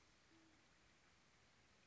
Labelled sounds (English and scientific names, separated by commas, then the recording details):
Band-tailed Pigeon (Patagioenas fasciata)
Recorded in Sonoma County, California